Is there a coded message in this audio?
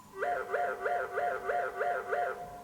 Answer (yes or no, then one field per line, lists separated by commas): no